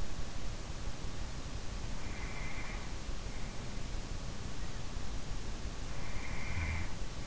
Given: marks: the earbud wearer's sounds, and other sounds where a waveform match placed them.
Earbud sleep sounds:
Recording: sounds in sleep by an in-ear microphone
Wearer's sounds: breath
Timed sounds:
1.67-3.00 s: breath
6.17-7.21 s: breath

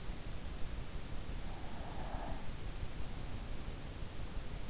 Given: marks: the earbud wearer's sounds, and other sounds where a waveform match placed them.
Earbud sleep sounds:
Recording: sounds in sleep by an in-ear microphone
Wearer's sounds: breath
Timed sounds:
1.59-3.13 s: breath

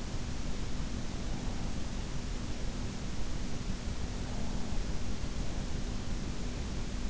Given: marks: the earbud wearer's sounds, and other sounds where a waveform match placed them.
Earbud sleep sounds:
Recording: sounds in sleep by an in-ear microphone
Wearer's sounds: breath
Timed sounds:
0.87-2.82 s: breath
4.18-5.84 s: breath

